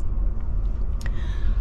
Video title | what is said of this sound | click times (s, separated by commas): Amtrak's Empire Builder Walk Through Part 1 | then push it up till it clicks | 1.0 s, 1.1 s